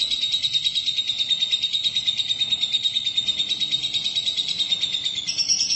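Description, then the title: Lovebird chattering song, a steady high buzzy trill with a thin whistled tone running through it, rapid regular pulses, ending with a higher squeak. "BM Suara Burung Lovebird"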